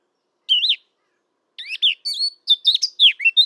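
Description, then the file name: Eurasian blackcap song: a single slurred whistled note, a pause, then a quick series of warbled and fluty phrases. "Sylvia atricapilla"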